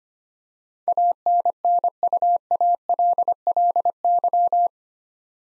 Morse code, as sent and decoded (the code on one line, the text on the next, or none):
.- -. -. ..- .- .-.. .-.. -.--
ANNUALLY